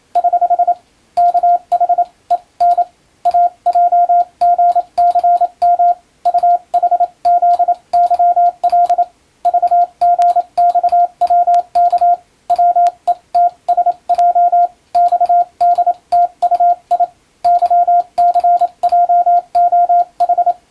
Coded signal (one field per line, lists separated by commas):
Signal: Morse code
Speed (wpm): 27 wpm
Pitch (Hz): 700 Hz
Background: radio noise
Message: <HH> KH EN AJGCM UHZYL VGXWK WETSJ XDTUI YCJOH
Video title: モールス受信練習用！アマチュア無線ハムの受信練習にYouTubeの再生速度を自分の好みに調整して毎日聴いてみよう！欧文ＣＷをエレキーで打っています(morse code learning)